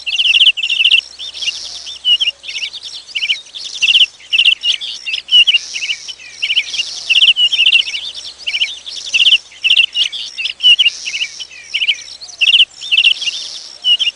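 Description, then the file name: Birds singing in a dense chorus of high chirps and twitters, in repeated bursts. A ringtone. "tono pajaros"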